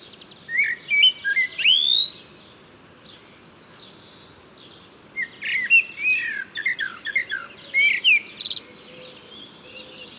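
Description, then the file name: Eurasian blackbird song: a mellow rising whistled phrase with a shrill squeak, a pause, then a longer stretch of jumbled warbles and high twitters. "Turdus merula"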